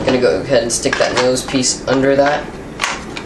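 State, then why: Seated. The plastic nose piece of a Dye Rotor paintball hopper is tucked under two small latches on the hopper body and pressed down. Someone talks, then sharp clicks sound at 2.8 s and 3.2 s as the nose piece seats in the latches.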